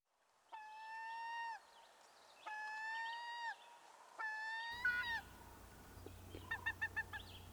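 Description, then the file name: Herring gull repeating three drawn-out mewing wails about two seconds apart, then a noisier background with a low hum and a short burst of rapid clipped notes. "dan gibsons solitudes herring gull"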